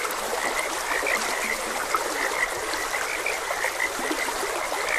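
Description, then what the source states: Chorus of frogs giving quick repeated croaks and chirps, several callers at once, with steady trickling water beneath. Frogs croaking beside a gentle stream.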